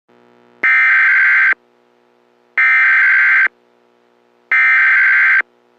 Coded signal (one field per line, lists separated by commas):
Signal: Emergency Alert System (SAME) tones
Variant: header bursts